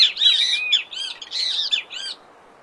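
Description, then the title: Great kiskadee delivering a run of loud, buzzy, arched notes in two rapid phrases, harsh and strident, with low background hiss. Wild bird singing in nature in Brazil. "O CANTO DO BEM TE VI NA NATUREZA Aves Do Brasil"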